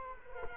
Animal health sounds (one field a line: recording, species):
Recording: mosquito wingbeat signal from an infrared sensor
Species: Culex quinquefasciatus